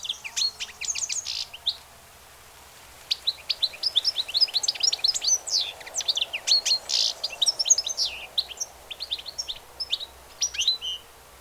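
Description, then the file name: European goldfinch twittering, fast sequences of sharp chirps and buzzy trills with a short gap, continuing steadily to the end over faint background hiss. "Carduelis carduelis"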